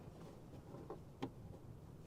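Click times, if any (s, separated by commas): none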